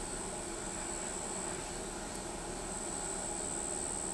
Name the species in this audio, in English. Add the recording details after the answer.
none. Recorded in pastures near Pivijay, Magdalena, Colombia, on 17 April 2023 at 21:00. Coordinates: 10.456, -74.369. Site P6-G026